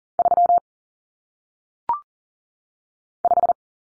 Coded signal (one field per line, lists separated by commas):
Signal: Morse code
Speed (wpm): 40 wpm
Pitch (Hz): 700 Hz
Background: none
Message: 3 5